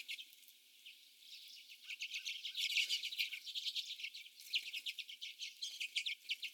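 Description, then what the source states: Common redpolls twittering, quiet at first, then a burst of quick chips and dry rattles continuing to the end. Several common redpolls.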